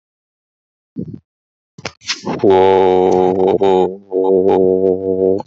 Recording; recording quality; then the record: sustained vowel as in boot; moderate, slight background noise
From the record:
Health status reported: healthy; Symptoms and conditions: fever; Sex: male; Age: 27 years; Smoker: not ticked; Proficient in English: yes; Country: India